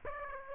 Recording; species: mosquito wingbeat signal from an infrared sensor; Aedes aegypti